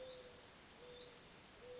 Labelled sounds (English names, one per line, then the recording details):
Mourning Dove
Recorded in Sonoma County, California